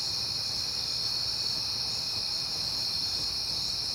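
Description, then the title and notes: Crickets trill at a constant high pitch throughout. Crickets recorded at night in September, on a peaceful night. "Night Time: Crickets and Passing Cars. It is September and I have been hearing the crickets a lot"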